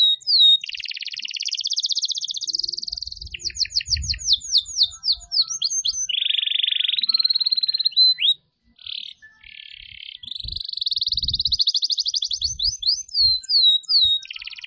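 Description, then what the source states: Atlantic canary song with long, rapid trills, buzzy rolls and series of sweeping slurred notes, pausing briefly midway before resuming. Recording used as a lure call for bird-trapping.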